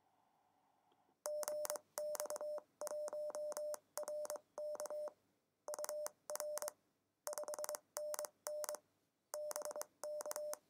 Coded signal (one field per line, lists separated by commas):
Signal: Morse code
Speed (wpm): 23 wpm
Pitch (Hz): 600 Hz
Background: none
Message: GX1RK UR 5NN BK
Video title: CW QSO Simulator App RST599(2)